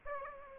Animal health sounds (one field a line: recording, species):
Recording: mosquito wingbeat signal from an infrared sensor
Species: Aedes aegypti